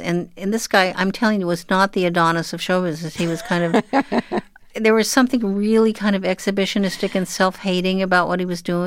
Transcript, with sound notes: And this guy, I'm telling you, was not the Adonis of showbiz. He was kind of... (Laughter) There was something really kind of exhibitionistic and self-hating about what he was doing.